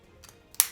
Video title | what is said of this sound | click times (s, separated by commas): Hot Toys Iron Man MK85 Avengers Endgame Figure - How To Be A Poser | very satisfying snap | 0.5 s, 0.6 s